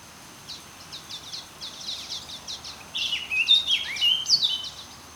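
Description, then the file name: Eurasian blackcap song: soft scratchy notes at first, then a louder, quick, varied warbling phrase. "Sylvia atricapilla"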